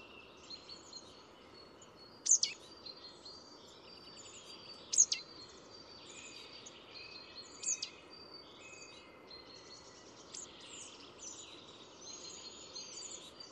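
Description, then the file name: Marsh tit repeating an abrupt high-pitched call roughly every two and a half seconds, three times. "Poecile palustris"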